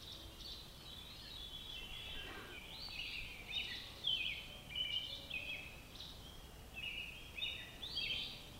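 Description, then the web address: Robin song made of varied warbling phrases that come in quick, uneven bursts for several seconds, over faint steady background noise. "Sounds of Nature Robins"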